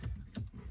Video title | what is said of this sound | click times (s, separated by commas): Carobotor Jk Jeep step by step how to install tutorial for digital gauge cluster + steering buttons | and then very easily, it just pops right in. | 0.4 s